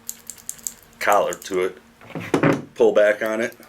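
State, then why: Not seated. An air hose fitting is handled at the quick-connect coupler of a pneumatic nailer/stapler as the coupler's collar is pulled back. Several short, sharp ticks sound between 0.1 and 0.7 seconds, then someone talks. Nothing has seated or clicked in yet.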